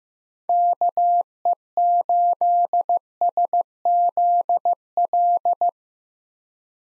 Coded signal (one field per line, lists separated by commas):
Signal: Morse code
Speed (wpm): 15 wpm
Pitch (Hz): 700 Hz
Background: none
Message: KE8SZL